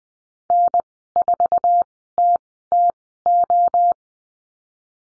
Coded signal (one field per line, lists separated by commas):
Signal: Morse code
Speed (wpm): 20 wpm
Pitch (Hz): 700 Hz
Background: none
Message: N4TTO